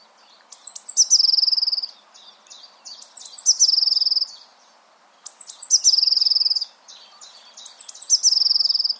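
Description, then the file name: Eurasian blue tit song: high, thin notes leading into a rapid, evenly pulsed trill, four phrases separated by short pauses. "Cyanistes caeruleus"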